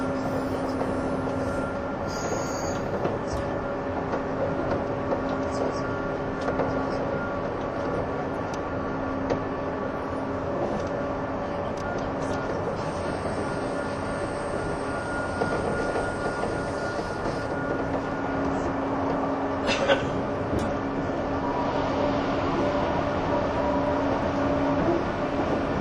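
Running sound from inside a 185 series train on the Odoriko 106, a steady dense rumble with faint rhythmic clatter throughout. Level tones drift in and out, a thin high whine appears briefly around 2 and 15 seconds, and a sharp knock lands near 20 seconds.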